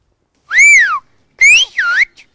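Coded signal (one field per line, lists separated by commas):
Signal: whistled language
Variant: Occitan whistle of Aas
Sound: three clear gliding whistles rising and falling between high pitches, about two seconds total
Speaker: Bernard tu vas passer à l'épicerie tu vas m'acheter une boîte de sardines et une baguette de pain donc voilà c'est une phrase un peu plus un peu plus longue et qui qui aurait pu être sifflée sans problème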